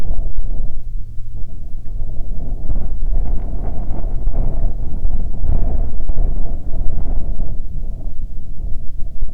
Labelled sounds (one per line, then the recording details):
songbird
wind
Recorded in the Arctic National Wildlife Refuge, Alaska, on 27 July 2019 at 17:29
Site 40